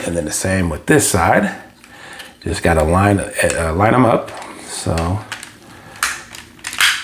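Someone talks while lining up a plastic attachment on the second side of a Good Smile Gattai Ga-Orn combining robot toy and pressing it on. Sharp plastic snaps are heard at 6.0 s and 6.8 s as the attachment snaps into place and is seated.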